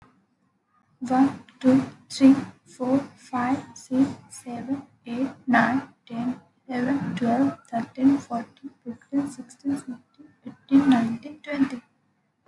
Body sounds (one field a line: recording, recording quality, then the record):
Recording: counting at a normal pace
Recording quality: excellent, no background noise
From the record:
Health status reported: healthy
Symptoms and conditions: none ticked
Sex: female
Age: 23 years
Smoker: not ticked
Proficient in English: yes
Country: India